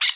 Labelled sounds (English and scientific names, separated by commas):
Brown-throated Parakeet (Eupsittula pertinax) contact call